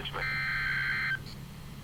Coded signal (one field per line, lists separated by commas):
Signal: Emergency Alert System (SAME) tones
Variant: header bursts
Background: speech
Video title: Severe Thunderstorm Warning for Caddo and Grady counties | 4/28/21 | EAS 157